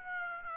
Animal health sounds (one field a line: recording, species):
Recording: mosquito wingbeat signal from an infrared sensor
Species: Aedes aegypti